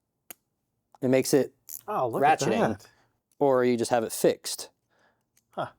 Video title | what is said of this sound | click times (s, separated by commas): Behind The Scenes - A MASSIVE Snap-on Setup | So the dual drive is you use this guy. It's clicks into place. | 0.3 s